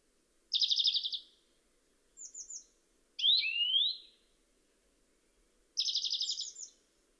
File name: Chloris chloris